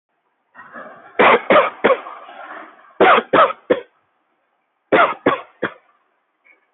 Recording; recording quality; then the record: shallow voluntary cough; moderate, slight background noise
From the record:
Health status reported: healthy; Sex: male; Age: 20 years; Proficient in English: yes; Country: India